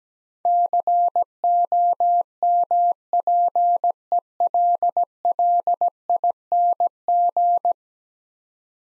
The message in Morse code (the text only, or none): COMPELLING